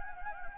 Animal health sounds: mosquito wingbeat signal from an infrared sensor; Anopheles gambiae

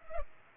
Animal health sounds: mosquito wingbeat signal from an infrared sensor; Culex pipiens

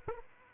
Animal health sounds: mosquito wingbeat signal from an infrared sensor; Aedes aegypti

